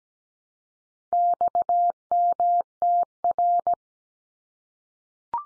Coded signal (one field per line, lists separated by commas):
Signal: Morse code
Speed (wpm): 17 wpm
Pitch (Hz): 700 Hz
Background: none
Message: XMTR